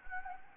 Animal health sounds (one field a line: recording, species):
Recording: mosquito wingbeat signal from an infrared sensor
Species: Anopheles gambiae